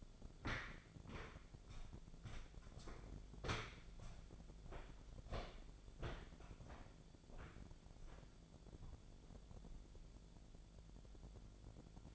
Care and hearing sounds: daily activity, microphone in the room; walk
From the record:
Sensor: 5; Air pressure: 1008.5 hPa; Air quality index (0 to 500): 161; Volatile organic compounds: 4 ppm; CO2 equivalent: 1548 ppm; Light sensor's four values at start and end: 67/185/73/74 and 67/185/73/74

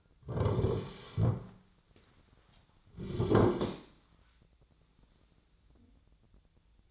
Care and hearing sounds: daily activity, microphone in the room; sit down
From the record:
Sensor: 3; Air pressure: 1009.2 hPa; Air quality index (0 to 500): 186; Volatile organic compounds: 3 ppm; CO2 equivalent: 1503 ppm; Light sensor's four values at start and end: 34/86/39/40 and 53/135/59/60

